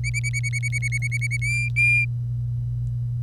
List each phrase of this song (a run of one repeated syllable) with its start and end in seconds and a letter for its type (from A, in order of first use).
0.04-1.37 A, 1.42-2.05 B